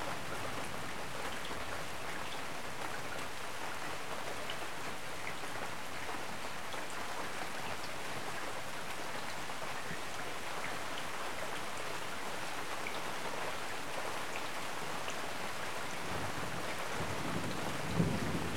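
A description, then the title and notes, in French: Rain falls steadily during a storm, a dense, even patter that holds at the same level throughout. Fine bright drips and taps scatter across the hiss. Near the end, around seventeen seconds, a low rumble swells briefly beneath the rain. Côté jardin puis côté fenêtre, l'eau tombe, tombe tombe et nous fait tout petit.e.s. Orage.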